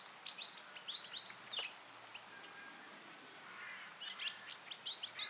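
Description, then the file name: European goldfinch song, bursts of rapid twittering and tinkling notes at the start and again near the end, separated by a quiet pause, over light background hiss. "Carduelis carduelis"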